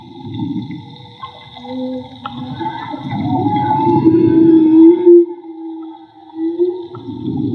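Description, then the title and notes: Whale song of rumbling moans building to a sustained tonal note, followed by a brief quiet gap and another groaning phrase. Whale song recorded underwater with a handmade Magma hydrophone during marine soundscape field recording, Gulf of Tribugá. "CANTO DE BALLENAS CON UN HIDROFONO MAGMA. Limpeza de sonido: Santiago Minotas. Construcción de Hidrofonos y grabación de Campo Jorge Barco. registro del canto de las ballenas. Radio Juntanza"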